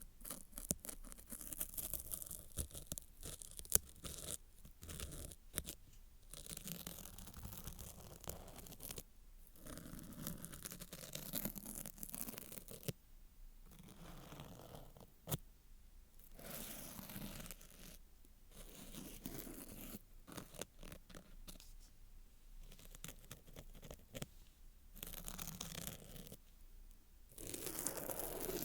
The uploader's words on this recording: ASMR Intense & Sensitive Ear Cleaning Triggers To Make You Sleep (No Talking).